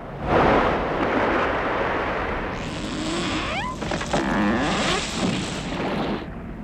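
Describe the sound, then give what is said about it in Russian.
A roaring storm at sea as the ship Duncan battles the waves: heavy waves crash and surge in a continuous loud rumble, with rising gusts of wind hissing over the churning water and no voices. “Крепко уцепившись за планки фальшборта и не будучи в состоянии обменяться ни единым словом, следили мы за стаями буревестников, зловещих птиц, носившихся в воздухе, словно тешась неистовством бури.”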